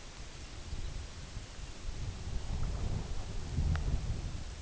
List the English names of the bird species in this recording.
none